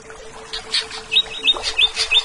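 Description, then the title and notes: Leafbird giving short, sharp whistled notes in quick uneven bursts, some faint, with a constant low hum behind. "CCKIJDaunKecil. Cucak Ijo"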